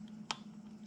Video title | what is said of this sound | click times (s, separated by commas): Super Ténéré Oil Change 12-19(OEM Style w/final drive fluid change) | the click now | 0.3 s